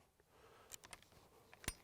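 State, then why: Seated. A metal removable charging handle on a Weatherby SORIX shotgun is popped out of the bolt and pushed back in, with a series of light metallic clicks and taps around 0.7 to 1.0 seconds and again near 1.5 seconds. The loudest, sharpest click comes at 1.7 seconds as the handle seats in the bolt.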